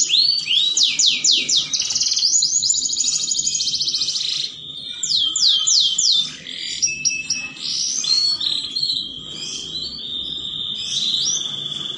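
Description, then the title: Canary song, loud and continuous: fast downward-sweeping trills repeated in rolling bursts, mixed with chirps and warbled notes, barely pausing. Belgian canary breed; song played to warm up canaries and stimulate them for mating. "Canto Para Esquentar Canário Belga. Pancingan Suara Kenari Kawin"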